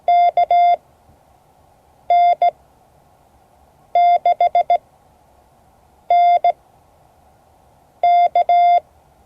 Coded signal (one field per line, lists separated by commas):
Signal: Morse code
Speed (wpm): 17 wpm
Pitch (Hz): 690 Hz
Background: none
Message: KN6NK